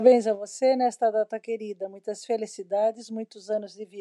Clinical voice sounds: short text; Brazilian Portuguese; female; 50 to 59 years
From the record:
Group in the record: control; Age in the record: 57 years

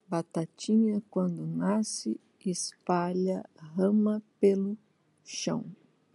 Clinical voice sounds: short text; Brazilian Portuguese; female; 50 to 59 years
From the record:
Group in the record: control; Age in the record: 53 years

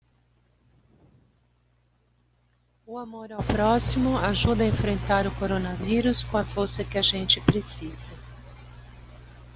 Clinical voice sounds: spoken sentence; Brazilian Portuguese; female; 60 to 69 years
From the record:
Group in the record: control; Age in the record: 65 years

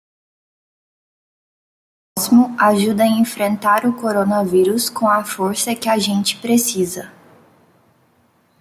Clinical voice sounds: spoken sentence; Brazilian Portuguese; female; 20 to 29 years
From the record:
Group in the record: control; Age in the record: 21 years

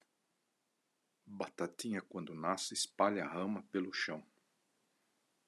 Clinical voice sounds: short text; Brazilian Portuguese; male; 60 to 69 years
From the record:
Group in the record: control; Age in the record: 66 years

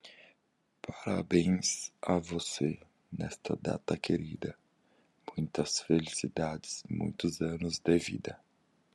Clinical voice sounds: short text; Brazilian Portuguese; male; 20 to 29 years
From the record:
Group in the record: control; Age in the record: 29 years

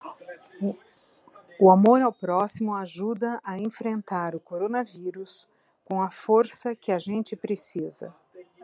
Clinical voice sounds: spoken sentence; Brazilian Portuguese; female; 50 to 59 years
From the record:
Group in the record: control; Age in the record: 57 years

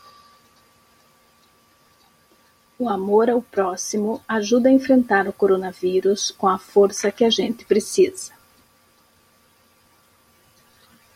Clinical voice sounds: spoken sentence; Brazilian Portuguese; female; 50 to 59 years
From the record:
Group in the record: control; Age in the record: 54 years

